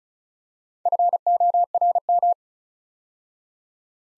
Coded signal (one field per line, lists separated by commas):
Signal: Morse code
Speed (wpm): 34 wpm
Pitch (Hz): 700 Hz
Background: none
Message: FORM